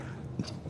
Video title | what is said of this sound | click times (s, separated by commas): DJI T100 Mist Nozzle Package Install | snap it in. You hear the click. | 0.4 s